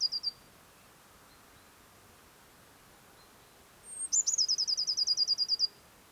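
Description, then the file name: Eurasian blue tit song: the tail of one trill, a quiet gap, then a high thin note leading into a rapid run of even notes. "Cyanistes caeruleus"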